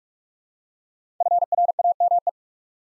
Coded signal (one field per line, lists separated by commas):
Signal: Morse code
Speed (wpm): 44 wpm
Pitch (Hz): 700 Hz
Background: none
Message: FRAME